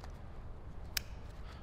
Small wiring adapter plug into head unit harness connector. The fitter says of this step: Go ahead and get that clicked in.